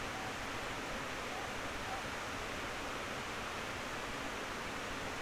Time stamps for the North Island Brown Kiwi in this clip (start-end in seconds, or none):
none